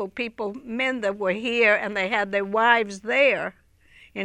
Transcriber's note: none